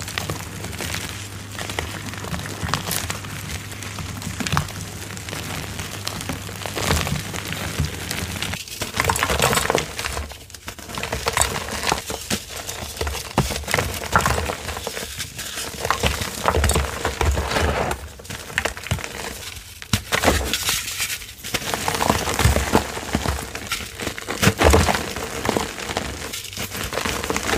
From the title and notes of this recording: Powdery Soft Dusty Reformed Gym Chalk Edit Compilation. Soft crispy powdery reformed gym chalk crumbles and oddly satisfying asmr sounds.